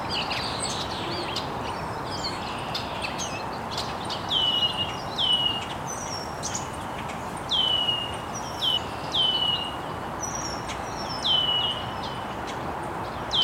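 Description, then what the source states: Birds chirping, clear falling whistled notes repeated in bursts, with occasional other high chips and a soft hiss behind. Birds chirping very early in the morning in an estuary.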